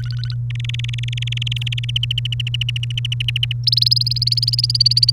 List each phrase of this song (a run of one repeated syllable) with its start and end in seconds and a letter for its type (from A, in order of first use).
0.00-0.34 A, 0.50-1.91 B, 1.96-3.52 C, 3.67-5.11 D